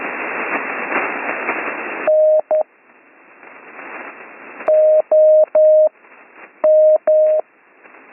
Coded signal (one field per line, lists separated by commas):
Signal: Morse code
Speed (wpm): 11 wpm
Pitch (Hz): 620 Hz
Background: none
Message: N OM